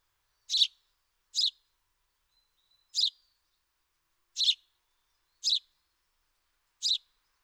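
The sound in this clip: House sparrow calling with six loud chirps at uneven intervals, short gaps mixed with longer pauses, and a faint whistle in between.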